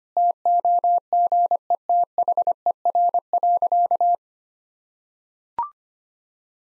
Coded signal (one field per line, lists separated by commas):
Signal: Morse code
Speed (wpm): 25 wpm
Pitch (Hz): 700 Hz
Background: none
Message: TOGETHER.